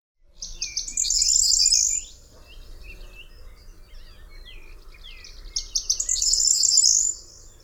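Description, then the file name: Corn bunting song repeated twice, each a quick stuttering start rushing into a shimmering, key-jangling trill lasting under two seconds. "potrzeszcz"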